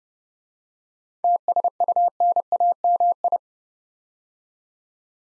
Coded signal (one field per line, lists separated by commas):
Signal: Morse code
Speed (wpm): 29 wpm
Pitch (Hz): 700 Hz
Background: none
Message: TSUNAMI